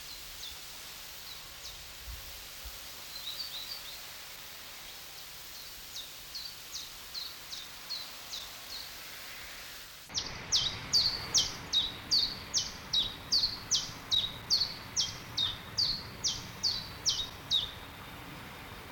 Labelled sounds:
Common Chiffchaff
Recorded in the wild
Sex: male
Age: adult
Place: Treuchtlingen, Naturpark Altmühltal, Bayern, DE
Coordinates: 48.96, 10.91
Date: 1993-09-21 11:25
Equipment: Marantz CP 430, Sennheiser MKH 416 T, Kopie Uher Variocord 263
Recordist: Tembrock, Günter

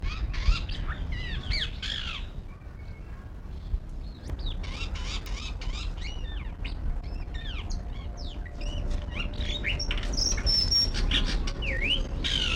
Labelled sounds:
White-rumped Shama
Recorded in captivity
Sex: male
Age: adult
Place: Zoo Berlin, Berlin, DE
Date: 1994-08-06 12:34
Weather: wolkig bis heiter, 24-28°C
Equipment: Marantz CP 430, Sennheiser ME 80, Kopie Uher Variocord 263
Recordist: Tembrock, Günter

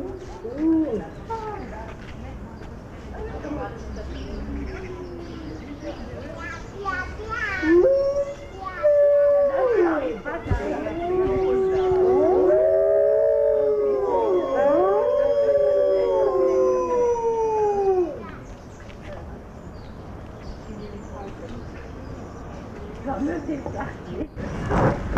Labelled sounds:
Gray Wolf howling
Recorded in captivity
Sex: group
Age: adult
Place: Zoo Berlin, Berlin, DE
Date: 1984-08-18 13:37
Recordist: Tembrock, Günter
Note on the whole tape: Gruppe von 9 Tieren

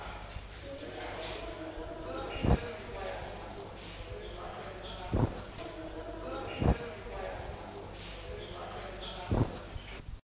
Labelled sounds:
Striated Starling call
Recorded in captivity
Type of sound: call
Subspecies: striata
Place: Zoo Berlin, Berlin, DE
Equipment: Halbspur, 9,5 cm/s
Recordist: Lütgens, Hans
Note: Rufe

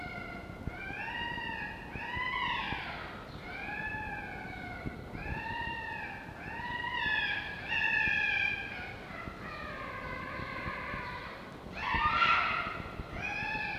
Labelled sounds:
Red Fox
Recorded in captivity
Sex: male
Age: juvenile
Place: Zoologisches Institut der HUB, Berlin, DE
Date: 1952-05-28 18:00
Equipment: Elmetra
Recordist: Tembrock, Günter

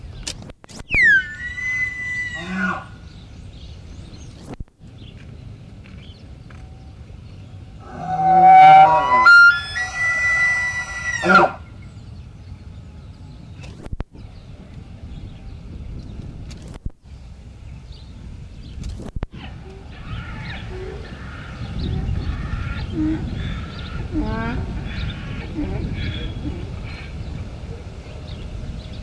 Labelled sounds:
Wapiti
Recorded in captivity
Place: Tierpark Berlin, Berlin, DE
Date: 1974-09-28
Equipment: Uher 4200 Report Stereo, Sennheiser MD 421, Verstärker
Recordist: Tembrock, Günter

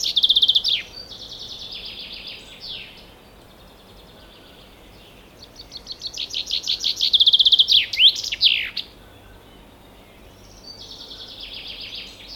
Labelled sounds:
Common Chaffinch song
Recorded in the wild
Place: Bergen, Insel Rügen, Mecklenburg-Vorpommern, DE
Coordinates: 54.415, 13.426
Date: 1975-06-08
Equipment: Nagra III BH, Sennheiser MD 21
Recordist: Schubert, Michael

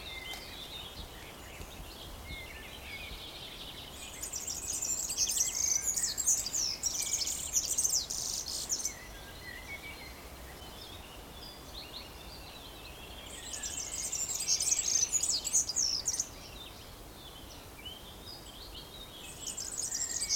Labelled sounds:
European Serin
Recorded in the wild
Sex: male
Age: adult
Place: Summt, Brandenburg, DE
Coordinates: 52.69, 13.374
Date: 1992-06-14 14:22
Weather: sonnig (heiter), 19-22°C
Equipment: Nagra SN, Mikrofon AKG CK 8, Kopie Tesla B 116
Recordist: Tembrock, Günter

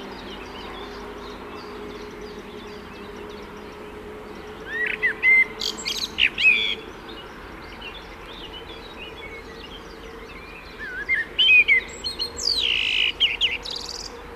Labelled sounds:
Common Blackbird song
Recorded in the wild
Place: Hettenleidelheim, Rheinland-Pfalz, DE
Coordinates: 49.535, 8.073
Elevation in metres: 250
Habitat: garden
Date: 1977-06-26
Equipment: Nagra IV, Sennheiser MKH 405, Parabolreflektor
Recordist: Tretzel, Erwin
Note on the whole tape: Amsel mit tonalem Standardmotiv und Gartenrotschwanz-Imitation

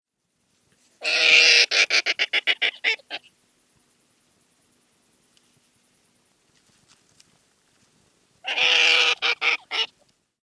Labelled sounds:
West European Hedgehog
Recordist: Tembrock, Günter
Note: Keckern

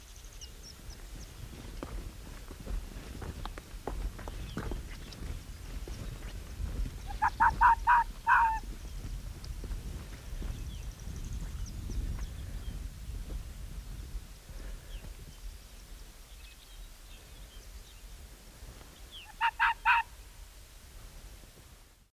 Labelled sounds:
Arctic Fox
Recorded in the wild
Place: Insel Mednyi, Kommandeur-Inseln, RU
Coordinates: 54.5167, 168.083
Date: 1999-07-06
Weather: kein Nebel, 5°C, schwacher Wind
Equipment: Sony WM-D6C, Sennheiser MKH 70, Windkorb, Kopie Sony TCD-D8
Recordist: Frommolt, Karl-Heinz
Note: Südosten der Halbinsel, Nähe Weggabelung Robben/Fuchsbau: zwei Bellstrophen eines Polarfuchses vom Küstengrat

